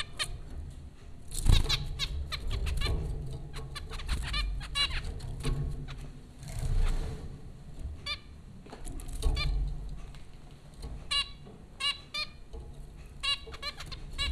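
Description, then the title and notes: Zebra finches calling steadily, many short nasal beeps scattered throughout, some in quick runs, over a constant low hum. Zebra finches recorded by Dan Bodah at Popcorn School, Flatbush, Brooklyn, New York, April 15, 2009. "Dronecast No. 030: The Popcorn Finches Four from Apr 15, 2009. Zebra finches recorded by Dan Bodah at Popcorn School, Flatbush, Brooklyn NY in April 2009"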